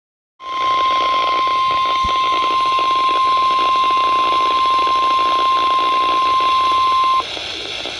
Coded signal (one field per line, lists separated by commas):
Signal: Emergency Alert System (SAME) tones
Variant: 1050 Hz attention tone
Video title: EAS #56-57